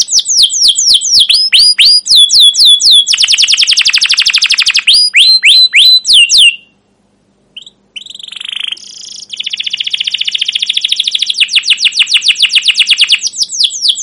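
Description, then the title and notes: Canary song in long rapid trills of sharp chirps, broken by a brief pause, then a buzzy rolling phrase and more fast, even trilling. Canary song with 'cuit cuit' calls and 'ngerol' rolling style, used as a lure and master for training young canaries to learn sounds. "CUIT CUIT NGEROL LANGSUNG GACOR PANJANG Kenari Ini Utk Pancingan KENAR. PANCINGAN Kenari GACOR PANJANG Cuit CUIT EMOSI ini utk MASTERAN Kenari PAUD belajar BUNYI. burung kenari"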